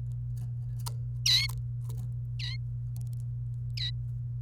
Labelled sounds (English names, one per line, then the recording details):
Domestic Canary song
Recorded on 28 April 2018 at 11:05
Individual llb3